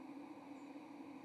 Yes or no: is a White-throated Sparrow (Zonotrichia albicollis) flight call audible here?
yes